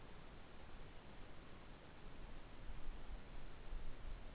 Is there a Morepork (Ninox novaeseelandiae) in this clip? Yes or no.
no